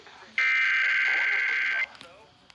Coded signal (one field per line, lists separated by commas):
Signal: Emergency Alert System (SAME) tones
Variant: header bursts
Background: speech